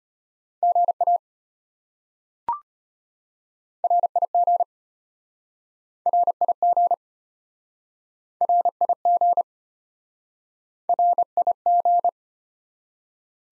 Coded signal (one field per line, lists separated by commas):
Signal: Morse code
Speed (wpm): 34 wpm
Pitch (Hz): 700 Hz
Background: none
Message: GA RIG RIG RIG RIG